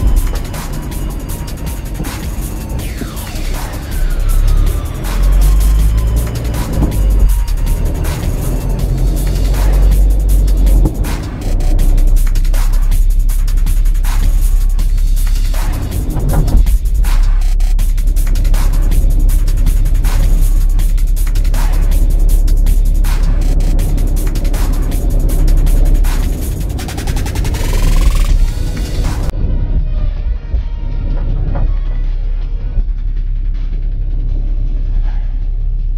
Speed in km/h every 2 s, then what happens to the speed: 18, 11, 16, 21, 26, 26, 27, 27, 27, 27, 27, 29, 29, 27, 27, 27, 29, 27.
3-11 speeds up to 27. 11-36 steady at about 27.